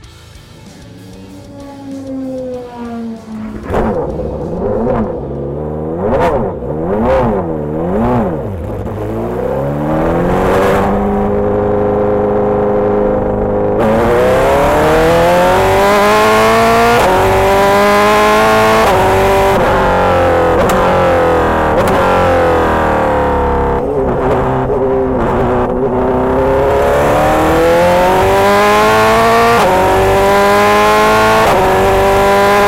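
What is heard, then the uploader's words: A race car heard from inside the cockpit, its engine note climbing and dropping through repeated gear changes. Early on, short sharp upshifts come in quick succession; from about fourteen seconds the engine stays loud and dense, sweeping up and down smoothly through corners. Corvette C8.R In-Car Audio, Daytona 2020. The team placed our Marshall Pruett Podcast audio recorder directly between the 5.5-liter V8 engine's exhaust pipes, and with the trio of Antonio Garcia, Jordan Taylor, and Nicky Catsburg flying around the high banks of Daytona International Speedway during testing.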